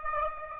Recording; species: mosquito wingbeat signal from an infrared sensor; Aedes aegypti